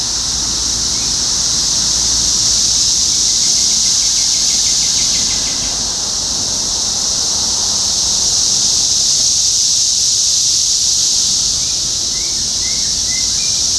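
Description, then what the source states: Cicadas drone in a rising and falling shrill chorus, with a burst of rapid chirps early and scattered chirps toward the end. Topeka, Kansas; 14 June 2015.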